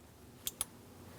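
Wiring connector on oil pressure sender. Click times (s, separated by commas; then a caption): 0.6 s. A plastic electrical connector is pushed straight down onto the new oil pressure sender of a 2003-2025 Chevrolet Express 2500. A sharp click at 0.5 s is followed by a louder, crisp click at 0.6 s as the connector seats, then a faint tick near 1.2 s. The connector is locked onto the sender.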